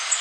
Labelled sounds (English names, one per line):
Golden-cheeked Warbler flight call